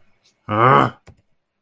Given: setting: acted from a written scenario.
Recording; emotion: vocal sound without words; anger